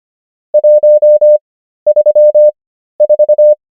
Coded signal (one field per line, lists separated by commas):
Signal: Morse code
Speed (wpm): 25 wpm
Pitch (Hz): 600 Hz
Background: none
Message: 134